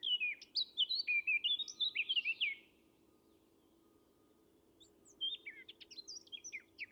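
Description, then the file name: Eurasian blackcap song: a rapid warbled phrase of varied whistled and scratchy notes lasting about two and a half seconds, then a pause and a second phrase, over a faint steady hum. "Sylvia atricapilla"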